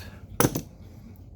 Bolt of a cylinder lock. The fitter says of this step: to lock it and you hear that click it is now locked